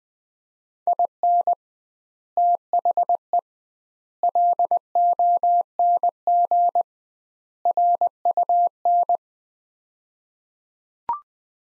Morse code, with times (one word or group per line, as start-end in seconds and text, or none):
0.9-1.5 IN
2.4-3.4 THE
4.2-6.8 LONG
7.7-9.2 RUN